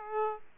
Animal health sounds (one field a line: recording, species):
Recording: mosquito wingbeat signal from an infrared sensor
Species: Aedes aegypti